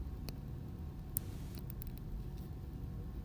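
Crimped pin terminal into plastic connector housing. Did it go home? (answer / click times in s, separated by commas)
no / none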